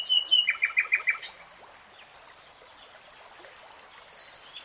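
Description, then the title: Nightingale song: a brief burst of high notes followed by about six quick repeated chirps, then quiet with faint bird calls. Three-hour real-time recording of a nightingale singing. "[Tiếng chim hót] Nightingale Singing"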